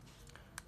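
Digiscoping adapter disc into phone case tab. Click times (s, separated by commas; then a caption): 0.6 s. A digiscoping adapter disc for a Samsung Galaxy S9 is slid down into the phone case and locks under its retaining tab. A few faint taps lead to a sharp click at 0.6 s as it seats, followed by a softer knock. The disc is locked in place.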